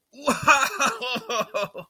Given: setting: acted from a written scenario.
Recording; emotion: vocal sound without words; positive surprise